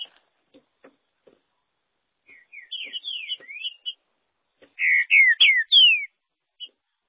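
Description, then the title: Green-winged saltator song: faint clicks first, then two bursts of loud slurred whistles, the notes sliding downward, the second burst louder and richer. "Trinca Ferro"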